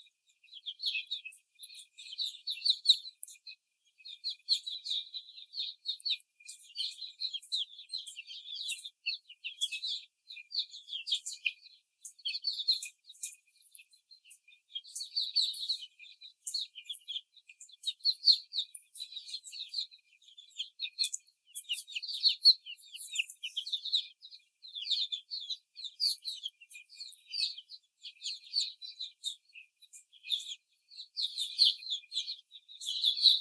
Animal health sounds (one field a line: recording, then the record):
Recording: young laying hens in a cage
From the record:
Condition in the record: before the stressor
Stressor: simulated dog barking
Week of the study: 4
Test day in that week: 3